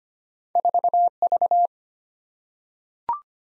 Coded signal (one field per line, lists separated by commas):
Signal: Morse code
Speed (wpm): 25 wpm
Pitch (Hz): 700 Hz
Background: none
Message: 4V